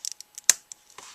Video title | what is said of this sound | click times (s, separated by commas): James #5 Engine LEGO - Tutorial Tuesday | there it is you hear that click you know it's done | 0.5 s